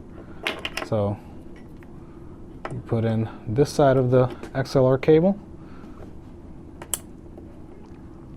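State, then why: Seated. An XLR cable plug is pushed into the output jack of an Allen & Heath SQ5 mixing console while someone talks, with a few short handling knocks near the start. A sharp latch click sounds at 6.9 s as the connector seats, confirming it is in.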